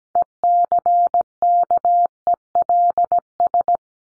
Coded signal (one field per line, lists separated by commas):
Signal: Morse code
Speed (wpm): 17 wpm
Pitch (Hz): 700 Hz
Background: none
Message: ECKELS